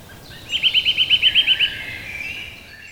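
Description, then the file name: Eurasian nuthatch sounding a single fast run of around nine clear, piping notes at steady pitch, then quiet background. Winter. "puukoristaja"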